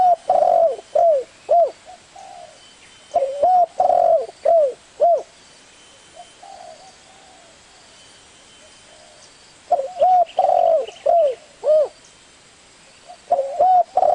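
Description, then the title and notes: Spotted Dove phrases of hooting coos, a quick series of notes then a pause of several seconds before the next run. Lure calls used to attract the birds. "Pikat Burung Tekukur. suara burung tekukur"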